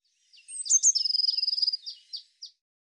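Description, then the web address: Eurasian blue tit giving a high note and a rapid buzzy trill, then three short separate high notes. "cianscape birddata Deverinetal 2025 File cleaned normalized Bird Cy Ca"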